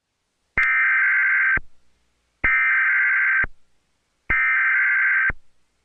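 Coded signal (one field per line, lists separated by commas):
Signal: Emergency Alert System (SAME) tones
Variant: header bursts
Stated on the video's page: Homemade simulated EAS alert made to look realistic.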